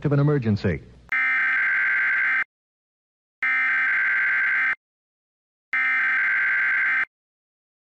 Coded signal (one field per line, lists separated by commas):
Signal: Emergency Alert System (SAME) tones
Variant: header bursts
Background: speech